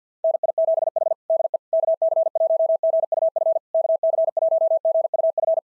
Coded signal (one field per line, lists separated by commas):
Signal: Morse code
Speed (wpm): 48 wpm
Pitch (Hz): 660 Hz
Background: none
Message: NI7H DE KC1GUF KC1GUF